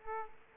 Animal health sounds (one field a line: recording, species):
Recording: mosquito wingbeat signal from an infrared sensor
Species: Aedes aegypti